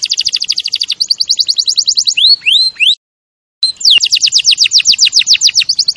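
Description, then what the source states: Canary song: rapid repeated down-slurred notes, a few rising whistles, a brief pause, then more fast sweeping notes. Champion canary song used as a master recording for training other birds.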